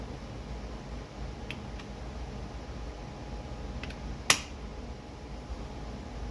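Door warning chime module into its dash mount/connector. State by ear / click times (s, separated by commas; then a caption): seated / 4.3 s. A replacement door warning chime (message center beeper) for a 1980–1989 Lincoln Town Car or Mark VI is pushed into its mount or connector under the dash. Faint ticks at about 1.5 and 3.8 s give way to a sharp plastic snap at 4.3 s over a steady low hum. The module is seated, but the chime is not sounding yet.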